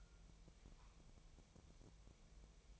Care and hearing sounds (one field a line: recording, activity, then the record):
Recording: daily activity, microphone in the room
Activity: take from stove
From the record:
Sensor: 1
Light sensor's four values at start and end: 9/22/8/9 and 9/22/8/9